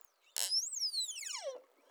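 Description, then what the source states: Pilot whale call: a short burst, then a high whistle rising and falling in a long downward sweep. Call type 4.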